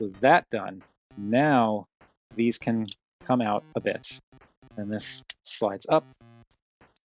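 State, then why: Seated. Someone talks while handling a transforming robot figure, sliding a plastic panel upward. The plastic panel clicks into place at 7.0 seconds and locks, seated.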